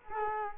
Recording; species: mosquito wingbeat signal from an infrared sensor; Culex quinquefasciatus